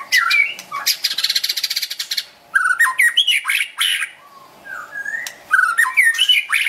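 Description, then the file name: White-rumped shama song mixing a fast buzzy rattle with loud slurred whistles and chattering notes, with softer drawn-out whistles before a final loud burst. Wild bird from forest near Medan, singing actively (gacor). "suara burung murai batu hutan medan gacor"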